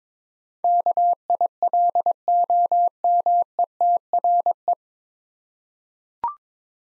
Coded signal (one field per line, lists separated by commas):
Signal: Morse code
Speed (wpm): 22 wpm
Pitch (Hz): 700 Hz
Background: none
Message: KILOMETRE